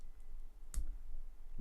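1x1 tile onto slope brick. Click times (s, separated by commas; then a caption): 0.7 s. A second red 1x1 plastic tile is pressed onto a slope brick while building the Lego Naboo Fighter set #7141. A single sharp snap is heard at 0.7 s against quiet background. The tile seats firmly on the brick.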